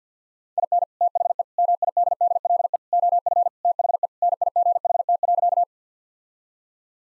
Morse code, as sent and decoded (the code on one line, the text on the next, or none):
.. -. / - .... . / -- .. -.. -.. .-.. . / --- ..-. / - .... . / -. .. --. .... - .-.-.-
IN THE MIDDLE OF THE NIGHT.